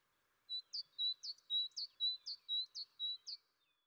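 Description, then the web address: Great tit giving a repeated two-note phrase, a clear high note followed by a sharp chirp, six times over about three seconds, against a faint hum. "Fontainebleau Demo. great tit"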